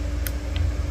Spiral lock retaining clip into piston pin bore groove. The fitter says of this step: you hear that? I don't know if you can hear that. Snapped in nice.